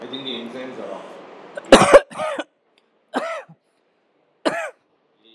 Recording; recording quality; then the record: heavy voluntary cough; moderate, slight background noise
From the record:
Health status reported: healthy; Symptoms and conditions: none ticked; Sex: male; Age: 30 years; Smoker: not ticked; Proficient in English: yes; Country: India